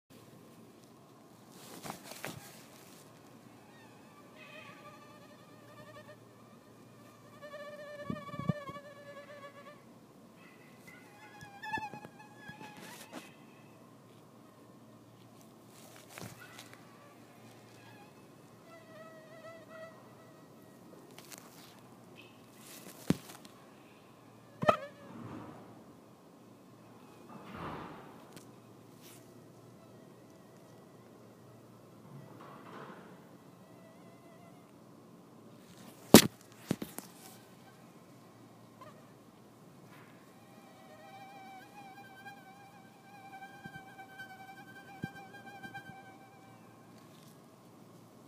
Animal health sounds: mosquito flight sound by mobile phone; Anopheles farauti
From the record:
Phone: iPhone 6

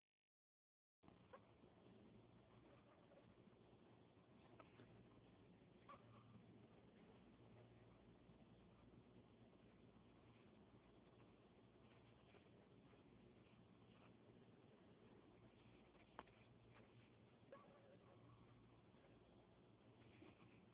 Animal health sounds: mosquito flight sound by mobile phone; Anopheles gambiae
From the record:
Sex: female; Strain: Kisumu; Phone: Huawei 866C

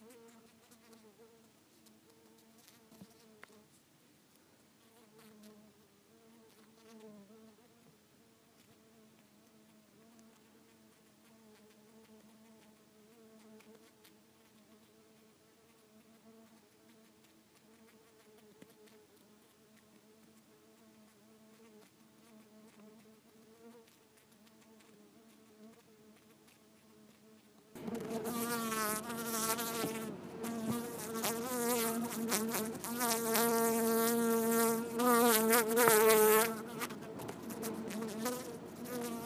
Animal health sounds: mosquito flight sound by mobile phone; Culiseta incidens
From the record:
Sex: female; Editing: snipped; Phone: iPhone 4S

